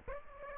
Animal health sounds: mosquito wingbeat signal from an infrared sensor; Aedes aegypti

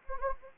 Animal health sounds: mosquito wingbeat signal from an infrared sensor; Anopheles gambiae

